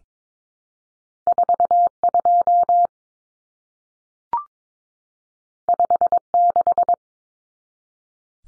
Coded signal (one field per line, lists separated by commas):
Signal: Morse code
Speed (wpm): 22 wpm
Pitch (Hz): 700 Hz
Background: none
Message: 42 56